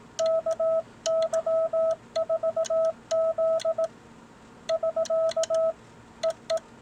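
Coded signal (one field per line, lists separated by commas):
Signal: Morse code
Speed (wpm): 18 wpm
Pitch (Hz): 650 Hz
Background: none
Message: KY4Z <SK> EE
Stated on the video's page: Morse sent on a Brown Bros/Signal Electric combo key.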